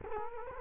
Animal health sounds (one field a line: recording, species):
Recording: mosquito wingbeat signal from an infrared sensor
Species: Culex quinquefasciatus